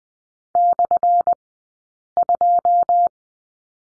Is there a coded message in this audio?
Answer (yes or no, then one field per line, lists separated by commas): yes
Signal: Morse code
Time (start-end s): 0.6-3.1 s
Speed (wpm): 20 wpm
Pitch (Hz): 700 Hz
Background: none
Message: /2